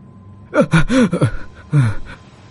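A man startled awake gasps sharply and cries out in a burst of strained, pitch-bending vocal sounds as he sits bolt upright, falls briefly quiet, then lets out one more short, falling cry.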